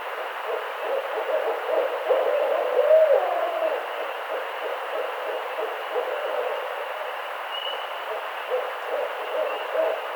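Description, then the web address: Barred owl giving low, wavering hoots that peak with a sliding note early on, then softer pulses, with a high whistle later. Recorded on 18 April 2009. "Barred Owl 2009 04 18 Barred Owl 01"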